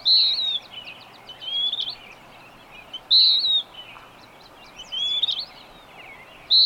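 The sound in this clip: Bird song: loud high whistled notes recurring about every three seconds, interspersed with rapid thin chirps and softer whistles, with steady background hiss.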